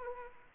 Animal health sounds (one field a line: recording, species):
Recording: mosquito wingbeat signal from an infrared sensor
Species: Anopheles arabiensis